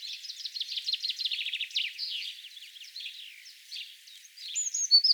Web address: SETE Troglodytes troglodytes